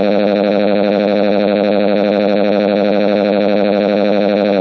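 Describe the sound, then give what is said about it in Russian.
Car alarms on a street, set off by a scream, blare continuously, a loud, rapidly warbling electronic tone with a dense, buzzy edge that never pauses, no voices present. “От моего крика окна треснули, а на улице у автомобилей сработала сигнализация.”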